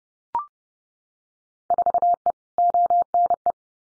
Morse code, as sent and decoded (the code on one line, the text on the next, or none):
....- . / --- -. .
4E ONE